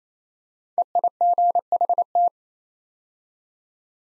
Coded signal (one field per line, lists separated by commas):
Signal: Morse code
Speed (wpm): 29 wpm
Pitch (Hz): 700 Hz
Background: none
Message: EIGHT